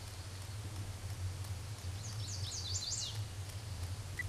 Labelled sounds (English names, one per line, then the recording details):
Chestnut-sided Warbler song
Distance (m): 15 m
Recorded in a Pennsylvania forest on 17 May 2023 at 14:05
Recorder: AudioMoth, point grid1_32_low
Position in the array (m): 113 m, 126 m